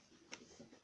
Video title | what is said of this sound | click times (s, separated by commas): Sig Sauer P226 Air pistol review | magazine just goes in slots all the way in and you can hear a click | 0.3 s